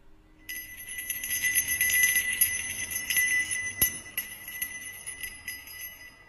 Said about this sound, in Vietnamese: Tiếng chuông thứ nhất bắt đầu ngân lên.